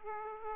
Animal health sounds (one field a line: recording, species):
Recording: mosquito wingbeat signal from an infrared sensor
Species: Aedes aegypti